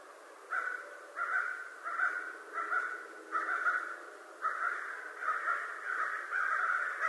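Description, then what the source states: American crow cawing: a quiet start, then a series of hoarse caws at a steady pace, becoming longer toward the end. Recorded 25 November 2011.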